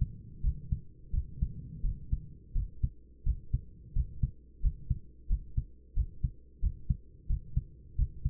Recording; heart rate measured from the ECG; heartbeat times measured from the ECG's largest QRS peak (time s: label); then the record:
heart sounds by stethoscope; 87 bpm
0.42 s: heartbeat
1.12 s: heartbeat
1.82 s: heartbeat
2.54 s: heartbeat
3.25 s: heartbeat
3.94 s: heartbeat
4.61 s: heartbeat
5.28 s: heartbeat
5.95 s: heartbeat
6.61 s: heartbeat
7.28 s: heartbeat
7.97 s: heartbeat
From the record:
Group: healthy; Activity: rest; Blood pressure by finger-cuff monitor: 115/60 mmHg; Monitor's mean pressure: 77 mmHg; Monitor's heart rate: 86 bpm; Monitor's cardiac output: 9.6 L/min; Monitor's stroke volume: 112 mL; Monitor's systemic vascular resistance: 590 dyn s/cm5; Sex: male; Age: 24 years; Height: 184 cm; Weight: 89 kg